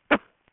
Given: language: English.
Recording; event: throat vibration sensor signal played as sound; cough